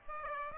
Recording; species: mosquito wingbeat signal from an infrared sensor; Aedes aegypti